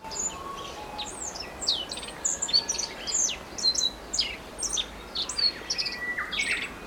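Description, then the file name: Black-faced bunting: a busy run of short, sharp, high chirps and flicked notes, repeated almost continuously. "aoji"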